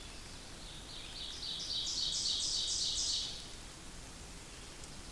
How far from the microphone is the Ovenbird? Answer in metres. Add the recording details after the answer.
about 35 m. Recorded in boreal forest in Alberta, Canada, on 8 June 2016 at 08:58. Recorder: SongMeter 3, array SBT-3-9. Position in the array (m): 50 m, 107 m. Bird 33